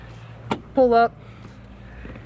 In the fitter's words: and after you've done that you'll hear a click